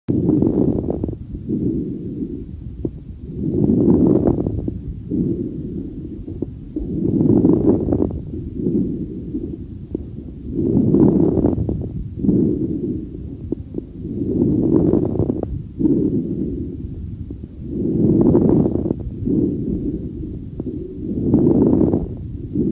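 Steady breath cycles at about 17 a minute, with brief, sharp popping clicks late in each inhalation over the soft airflow noise. These are late inspiratory crackles.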